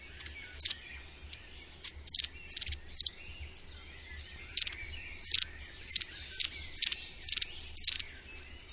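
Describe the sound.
Bird calls: high, sharp downward-sweeping chirps repeated many times, roughly twice a second, over a faint low hum.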